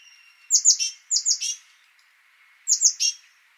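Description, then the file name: Great tit calls: high descending note pairs ending in a buzzy rattle, given in three phrases with a pause between. "Parus major"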